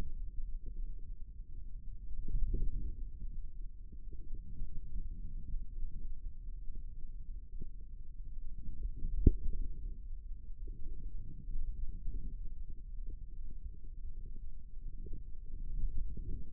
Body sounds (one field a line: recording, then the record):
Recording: forearm muscle sounds (acoustic myography)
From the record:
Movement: radial deviation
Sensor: system 2, bracelet of six BSWA MPA416 microphones around the upper forearm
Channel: 4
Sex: female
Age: 25 years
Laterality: right